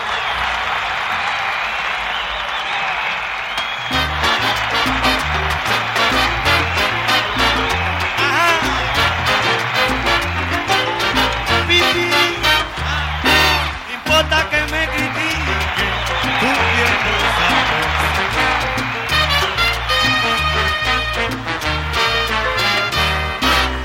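A live audience applauds loudly in a dense, steady wash of clapping. After about four seconds, rhythmic music with a pulsing bass joins and plays on under the continuing applause.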